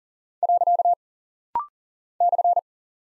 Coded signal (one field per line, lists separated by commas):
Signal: Morse code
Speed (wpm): 38 wpm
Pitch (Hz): 700 Hz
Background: none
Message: . /